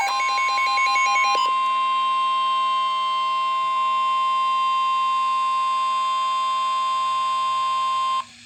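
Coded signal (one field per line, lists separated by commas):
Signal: Emergency Alert System (SAME) tones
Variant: 1050 Hz attention tone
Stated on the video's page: Recorded from a NOAA weather radio transmitter.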